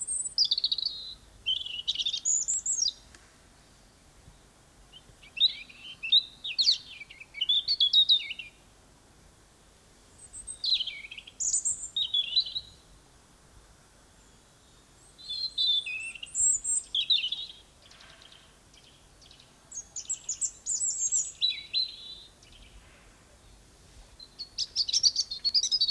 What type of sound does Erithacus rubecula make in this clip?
song